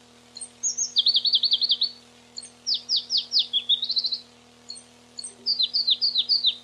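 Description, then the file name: Pallas's leaf warbler singing a loud, varied song: rapid trills of repeated high notes, then sweeping downslurred phrases and buzzy runs, with a steady low hum beneath. Recorded 29 June 1994. "29 06 94 Pproregulus"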